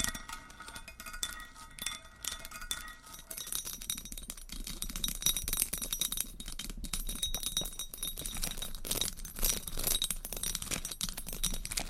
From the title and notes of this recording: Changing Triggers Every Few Seconds Scratching , Tapping , Massage & More No Talking.